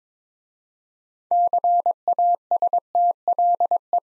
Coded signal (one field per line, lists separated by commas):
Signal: Morse code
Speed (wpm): 23 wpm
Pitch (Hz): 700 Hz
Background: none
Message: CASTLE